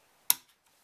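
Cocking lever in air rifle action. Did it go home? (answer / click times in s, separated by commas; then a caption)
yes / 0.3 s. The side cocking lever of a Weihrauch HW110 ST polymer PCP air rifle is drawn silently to the rear until it latches with a single sharp, bright click at 0.3 s, followed only by a couple of faint soft ticks. The click marks the lever seating and the rifle being cocked.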